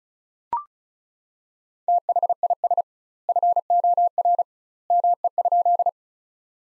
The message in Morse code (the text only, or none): THIS FOR ME?